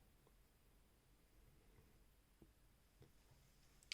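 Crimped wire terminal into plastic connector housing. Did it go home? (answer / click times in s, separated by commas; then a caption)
yes / 3.8 s, 3.9 s. A crimped metal pin on a black wire is pushed into a plastic JST-VH connector housing until its locking flap clicks home. After a quiet stretch with a few faint taps, two sharp clicks sound at 3.8 s and 3.9 s, the second much louder. The pin is seated.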